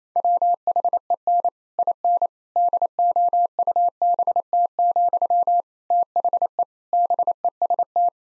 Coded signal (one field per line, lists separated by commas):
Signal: Morse code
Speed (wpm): 28 wpm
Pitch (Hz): 700 Hz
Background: none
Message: WHEN IN DOUBT, THE BEST